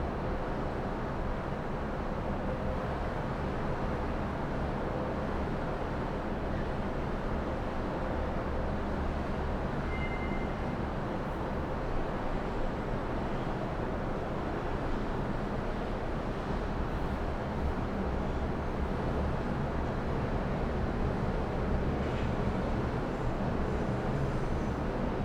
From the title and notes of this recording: Melbourne City early evening sounds from 29 floors above the ground. It's recorded using two microphones placed as if they were human ears. Today, a city soundscape from the 29th floor overlookingh the Docklands area.